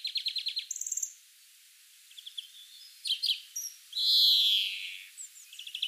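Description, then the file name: European greenfinch with a run of rapid trilled notes, scattered twitters, then a long wheezing buzz, closing with a faint trill. "Chloris chloris"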